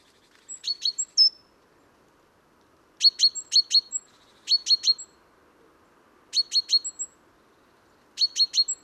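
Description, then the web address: Great tit calls: short clusters of three or four sharp, high chipping notes with a thin whistle, repeated every second or two. "SETE data Parus major"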